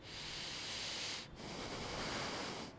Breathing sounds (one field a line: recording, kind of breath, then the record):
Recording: one breath in and out by a microphone near the nose and mouth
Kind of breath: deep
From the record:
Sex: male